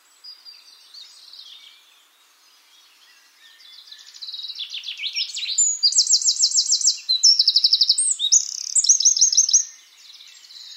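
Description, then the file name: Eurasian wren song: quiet-sounding notes build into a loud, rapid sequence of high trills that stops abruptly. "Troglodytes troglodytes"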